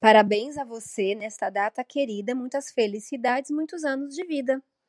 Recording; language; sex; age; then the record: short text; Brazilian Portuguese; female; 30 to 39 years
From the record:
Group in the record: control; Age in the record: 39 years